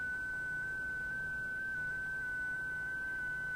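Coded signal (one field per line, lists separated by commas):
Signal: JS8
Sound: a steady eerie drone near 1.5 kHz, hopping by tiny pitch steps every fraction of a second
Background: faint radio hiss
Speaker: there we go that strange droning of sound i think it's quite eerie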